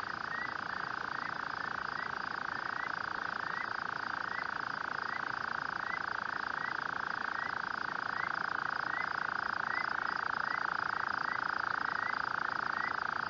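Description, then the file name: Rufous-cheeked nightjar giving a steady, unbroken purring churr, even and mechanical throughout, with faint short upslurred chirps repeating over the top. Call recorded at Bellary guest farm, Vredefort. "Caprimulgus rufigena, roep van grondpad, Bellary-gasteplaas, Vredefort"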